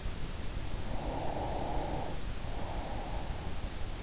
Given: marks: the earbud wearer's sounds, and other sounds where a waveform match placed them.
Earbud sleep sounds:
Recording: sounds in sleep by an in-ear microphone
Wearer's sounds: breath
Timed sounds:
0.67-3.57 s: breath

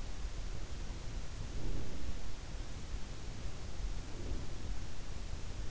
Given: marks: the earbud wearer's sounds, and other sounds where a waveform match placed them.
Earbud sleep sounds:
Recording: sounds in sleep by an in-ear microphone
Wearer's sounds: breath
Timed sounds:
0.67-2.50 s: breath
3.08-4.96 s: breath

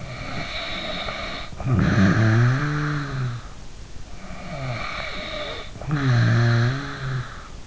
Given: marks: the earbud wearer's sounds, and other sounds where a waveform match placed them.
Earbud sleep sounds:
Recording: sounds in sleep by an in-ear microphone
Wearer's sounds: snoring breath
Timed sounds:
0.00-3.50 s: snoring breath
4.28-7.60 s: snoring breath

